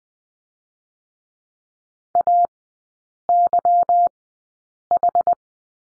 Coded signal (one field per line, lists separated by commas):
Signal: Morse code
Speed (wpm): 20 wpm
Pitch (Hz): 700 Hz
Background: none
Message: AYH